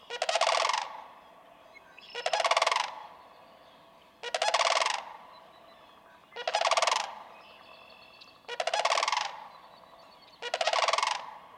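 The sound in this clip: Sandhill crane giving loud, rolling rattled calls, six bursts spaced about every two seconds, each under a second long.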